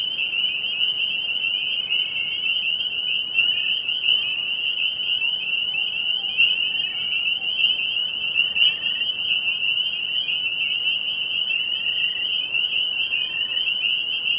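Spring peeper chorus throughout, a steady shrill band of overlapping high peeps, with scattered fainter, slightly lower notes behind.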